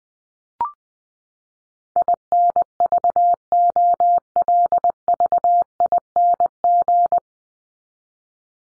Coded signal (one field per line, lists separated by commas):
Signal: Morse code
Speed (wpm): 20 wpm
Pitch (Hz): 700 Hz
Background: none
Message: INVOLVING